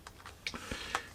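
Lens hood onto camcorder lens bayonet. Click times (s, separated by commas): 1.0 s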